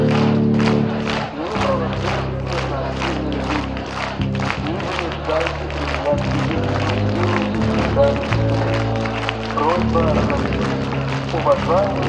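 Recorded at a protest in Belarus, a dense crowd fills the scene with overlapping voices and shouts rising and falling throughout. A strong low rumble with shifting steady tones runs underneath, changing pitch every second or two. Sharp rhythmic bursts recur roughly twice per second.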